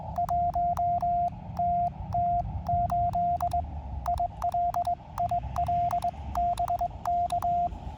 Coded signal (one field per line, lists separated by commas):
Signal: Morse code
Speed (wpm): 20 wpm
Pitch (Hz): 700 Hz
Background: radio noise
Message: 1TT8 IL IL BK